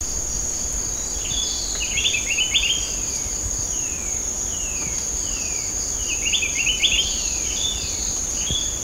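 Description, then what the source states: Spectacled bulbul chattering in quick tumbling note bursts, with a few separate descending slurred whistles between phrases and a continuous high insect drone behind. Recorded at Sepilok on 6 August 2009.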